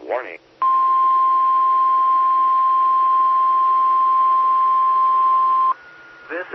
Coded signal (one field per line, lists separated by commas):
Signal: Emergency Alert System (SAME) tones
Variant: 1050 Hz attention tone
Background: speech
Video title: 2020-08-27 - W5RHS SKYWARN Repeater System 147.1200 and 146.8050 MHz